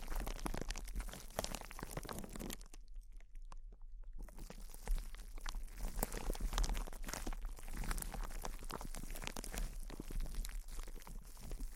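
Dense, crackling crinkles fill the clip with rapid sharp bursts, pausing into near silence around the third second before resuming just as busily.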